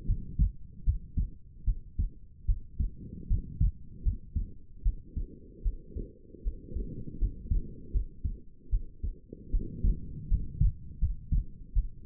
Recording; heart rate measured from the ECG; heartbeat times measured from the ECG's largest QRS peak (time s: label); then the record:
heart sounds by stethoscope; 77 bpm
0.05 s: heartbeat
0.84 s: heartbeat
1.64 s: heartbeat
2.45 s: heartbeat
3.27 s: heartbeat
4.02 s: heartbeat
4.82 s: heartbeat
5.62 s: heartbeat
6.42 s: heartbeat
7.18 s: heartbeat
7.91 s: heartbeat
8.69 s: heartbeat
9.50 s: heartbeat
10.28 s: heartbeat
10.99 s: heartbeat
11.73 s: heartbeat
From the record:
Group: healthy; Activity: rest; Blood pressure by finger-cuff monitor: 96/62 mmHg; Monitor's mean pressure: 71 mmHg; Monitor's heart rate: 76 bpm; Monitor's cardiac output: 6.1 L/min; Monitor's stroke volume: 80 mL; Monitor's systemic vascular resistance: 860 dyn s/cm5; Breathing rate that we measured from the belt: 18 breaths a minute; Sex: female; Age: 19 years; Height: 163 cm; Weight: 48.9 kg